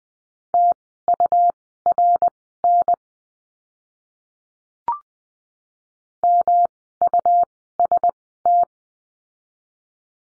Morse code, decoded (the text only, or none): TURN MUST